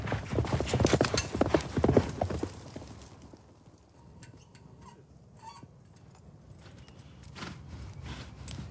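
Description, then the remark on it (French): A horse ridden in yabusame mounted archery gallops along a track over 200 metres long, its hooves pounding in a fast, loud, rapid rhythm that fades to softer, scattered thuds midway before the drumming picks up again toward the end. “Les cavaliers doivent galoper sur une piste longue de plus de 200 mètres et atteindre trois cibles distinctes.”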